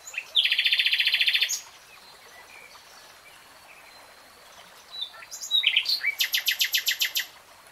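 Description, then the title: Nightingale song with a fast rattling trill of identical notes, a quiet pause, then a rising whistle and a second rapid pulsed series. Real-time recording, not slowed. "[Tiếng chim hót] Nightingale Singing"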